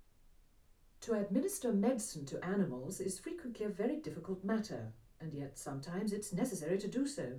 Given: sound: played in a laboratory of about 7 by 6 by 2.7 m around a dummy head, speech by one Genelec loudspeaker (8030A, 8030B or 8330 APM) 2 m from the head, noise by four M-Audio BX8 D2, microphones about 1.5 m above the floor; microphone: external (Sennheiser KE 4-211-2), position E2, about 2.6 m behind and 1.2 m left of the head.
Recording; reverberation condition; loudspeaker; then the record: female speech in English; low; 90 degrees to the right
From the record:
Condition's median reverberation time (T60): about 310 ms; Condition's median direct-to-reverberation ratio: about 3.5 dB